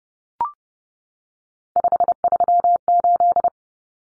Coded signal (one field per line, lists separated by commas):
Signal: Morse code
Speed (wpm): 30 wpm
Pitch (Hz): 700 Hz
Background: none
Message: 538